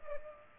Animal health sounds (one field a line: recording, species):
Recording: mosquito wingbeat signal from an infrared sensor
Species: Culex pipiens